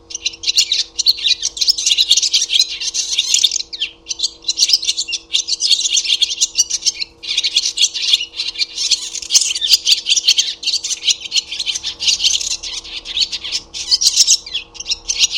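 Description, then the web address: Barn swallow twitter, a dense, continuous stream of high chirps and chatter with only brief gaps, a faint steady hum underneath. "Deverinetal 2025 Bird Only Hi Ru"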